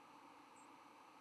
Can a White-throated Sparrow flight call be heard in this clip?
no